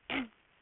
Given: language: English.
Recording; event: throat vibration sensor signal played as sound; throat clearing